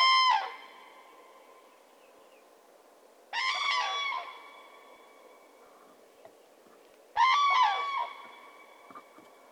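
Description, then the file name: Common crane giving three loud, rich trumpeting calls spaced a few seconds apart, each with a short wavering pitch and a fading ringing tail over quiet background. "grus grus"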